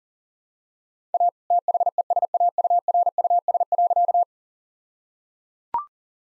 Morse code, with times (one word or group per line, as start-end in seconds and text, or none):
1.1-1.3 A
1.5-4.2 THESAURUS.